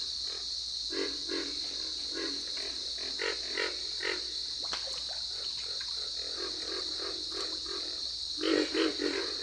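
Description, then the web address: Pig frog grunts repeated rapidly and irregularly, with a louder burst near the end, over a constant high-pitched drone. "Dan Gibson's Solitudes Frog Song. Pig Frog"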